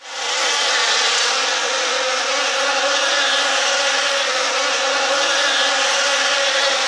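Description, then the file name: Insect swarm buzz fading in over the first half second, then holding as a dense, shimmering hum of many wings. "Hollywood Sound Effects - Insects - Swarm Sound Effect"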